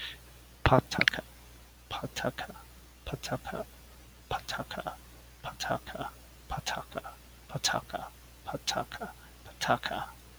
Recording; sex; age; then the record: repeated syllables /pa ta ka/; male; 30 to 39 years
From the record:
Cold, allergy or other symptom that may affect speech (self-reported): no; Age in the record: 32 years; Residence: New York, United States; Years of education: 16